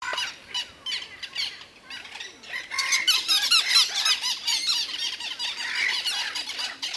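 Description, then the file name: Little gull calls, scattered sharp squeaks at first, then a thick rush of overlapping high chattering notes. "Dmitry Kulakov - Malaya chajka Hydrocoloeus minutus"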